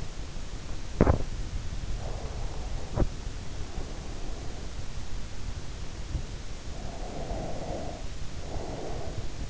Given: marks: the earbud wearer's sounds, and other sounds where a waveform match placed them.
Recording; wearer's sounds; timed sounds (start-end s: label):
sounds in sleep by an in-ear microphone; body movement, breath
0.77-1.61 s: body movement
2.11-4.88 s: breath
6.83-9.50 s: breath